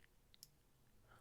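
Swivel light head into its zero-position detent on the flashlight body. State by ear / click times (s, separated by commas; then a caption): seated / 0.4 s. The 180° swivel head of a small aluminum Wuben G5 rechargeable 400-lumen EDC flashlight with adjustable RGB light is rotated back to its zero position on the flashlight body. Faint ticks at 0.0 s and 0.3 s come before a sharp, bright click at 0.4 s as the head snaps into its zero detent and seats.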